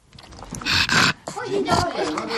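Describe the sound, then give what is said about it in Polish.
A 7-year-old pug snorts and pants in rough, breathy bursts, a couple of loud noisy snuffles followed by quicker huffing, with people's voices mixed in underneath. “Przywitał się, a tak, Mops Drops.”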